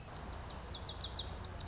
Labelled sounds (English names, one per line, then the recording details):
Lazuli Bunting
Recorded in Sonoma County, California